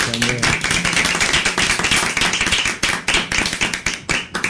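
Audience applause fills the whole stretch, a dense, steady patter of many hands clapping at a fairly loud level with no voices on top.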